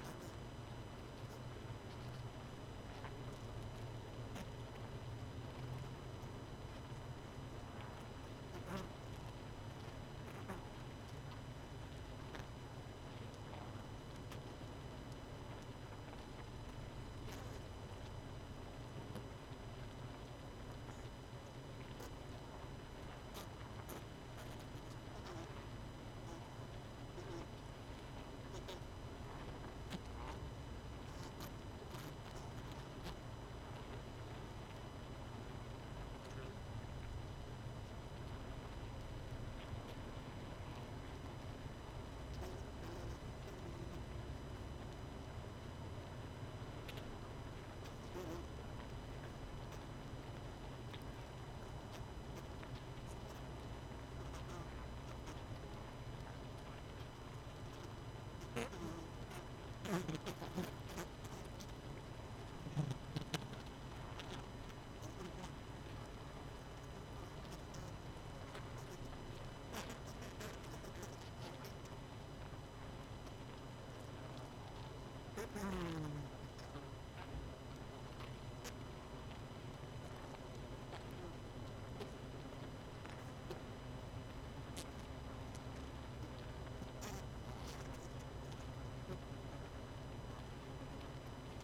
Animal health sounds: honeybee colony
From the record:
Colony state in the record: missing queen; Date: 31 May 2018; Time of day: 20:08

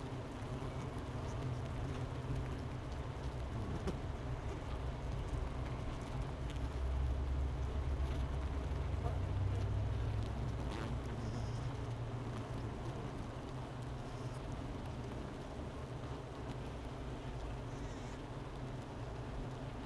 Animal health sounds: honeybee colony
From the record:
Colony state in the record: missing queen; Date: 31 May 2018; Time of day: 11:29

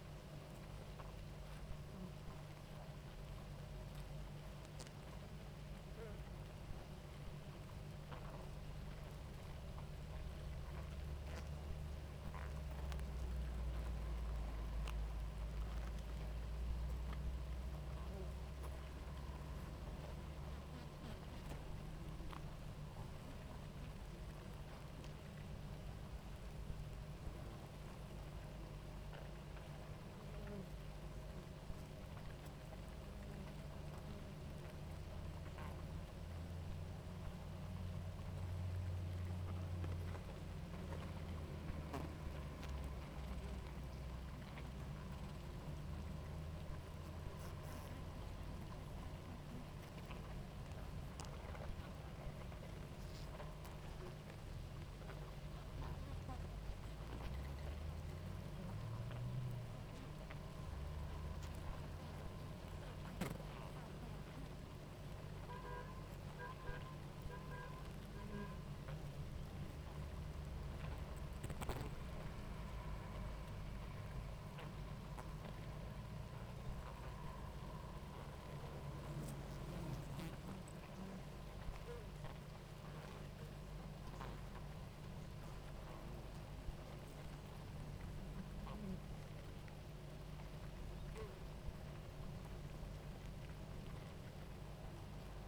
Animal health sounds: honeybee colony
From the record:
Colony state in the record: active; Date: 28 July 2017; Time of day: 18:27

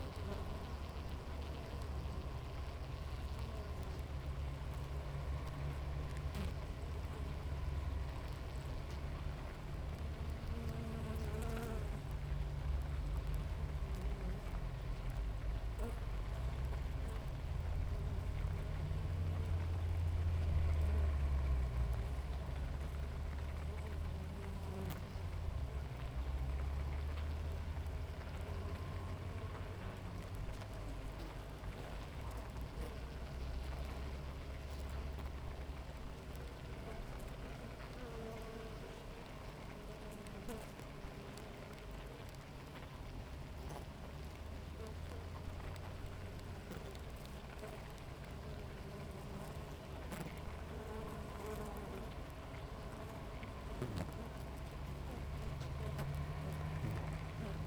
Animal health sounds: honeybee colony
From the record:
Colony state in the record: active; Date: 28 July 2017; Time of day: 6:58

